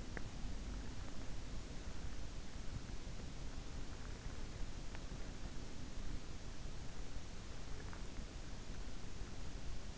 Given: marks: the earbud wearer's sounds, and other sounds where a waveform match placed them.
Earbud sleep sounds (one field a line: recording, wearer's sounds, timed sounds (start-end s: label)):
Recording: sounds in sleep by an in-ear microphone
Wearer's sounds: teeth grinding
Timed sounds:
0.00-0.74 s: teeth grinding